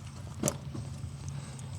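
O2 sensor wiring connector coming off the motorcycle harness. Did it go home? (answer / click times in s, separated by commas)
released / 0.5 s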